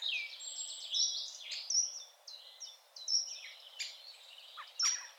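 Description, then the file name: Eurasian wren song, a rapid jumble of high trills and sharp notes, with several bright accented peaks. "Troglodytes troglodytes"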